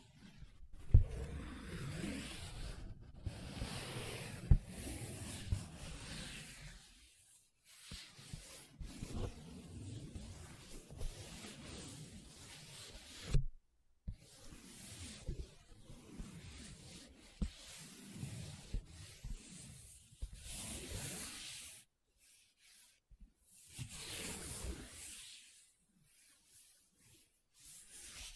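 Paper being rubbed, scratched and traced, with dry, rustling strokes that come in uneven bursts and short pauses. Dense passages of scraping alternate with brief silences around 3, 7, 14 and 21 seconds, and a few sharper scratches stand out.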